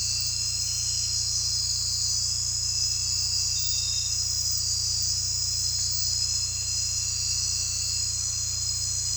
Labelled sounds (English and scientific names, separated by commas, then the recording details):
none
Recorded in dense forest near Puerto Asís, Putumayo, Colombia, on 16 December 2024 at 23:30
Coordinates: 0.467, -76.328
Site GP05